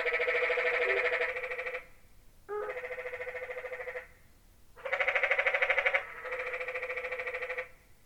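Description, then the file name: Canyon tree frog producing four extended, buzzy, rapidly pulsed trills of one to two seconds each, spaced by short silent gaps. "Quiet American - Canyon Tree Frog"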